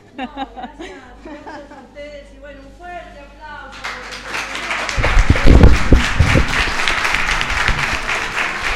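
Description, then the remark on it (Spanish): A few seconds of voices give way to an audience breaking into sustained applause for the performers, dense clapping that swells to a loud peak and keeps going steadily to the end. “Fuerte, fuerte el aplauso para los compañeros.”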